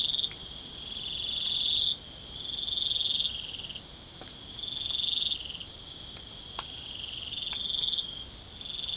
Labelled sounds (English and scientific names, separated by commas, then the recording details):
none
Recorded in pastures near Puerto Asís, Putumayo, Colombia, on 27 June 2025 at 22:00
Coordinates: 0.497, -76.327
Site G040